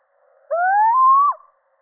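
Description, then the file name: Little owl, a single long rising whistled hoot that climbs steadily and breaks off with an abrupt falling flick at the end. Male. "Sycek obecny samec"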